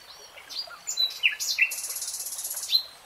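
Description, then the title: Nightingale singing a quick jumble of varied high chirps and slurred notes, ending in a fast, harsh buzzing trill. Singing, in a 3-hour real-time recording. "[Tiếng chim hót] REALTIME Nightingale Singing"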